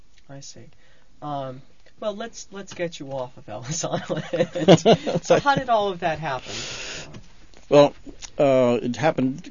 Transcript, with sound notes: I see. Well let's get you off of Ellis Island. (they laugh) So how did all that happen?
Well, uh, it happened